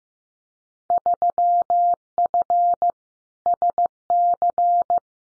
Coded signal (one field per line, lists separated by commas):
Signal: Morse code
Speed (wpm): 15 wpm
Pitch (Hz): 700 Hz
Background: none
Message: 3F SC